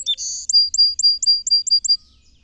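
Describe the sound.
Song sparrow song opening with a buzzy rasp, followed by a run of several crisp high notes repeated at an even pace.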